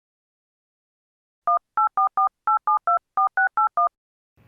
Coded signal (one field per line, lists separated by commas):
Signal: DTMF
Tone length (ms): 120 ms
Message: 18448724681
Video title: The Nuclear Within - An EAS Scenario